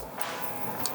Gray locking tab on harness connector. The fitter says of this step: in and that locks it in place and that's pretty much it